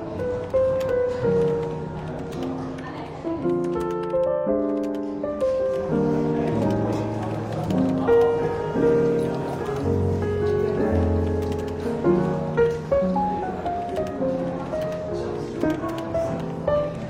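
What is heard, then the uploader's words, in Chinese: Soft, easy jazz plays steadily with walking low notes and smooth melody while faint café chatter and clinks murmur underneath throughout. 伦敦书店咖啡馆轻微喧闹氛围与柔和轻松的爵士背景音乐。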